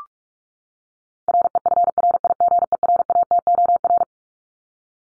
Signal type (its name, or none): Morse code